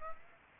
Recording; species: mosquito wingbeat signal from an infrared sensor; Culex pipiens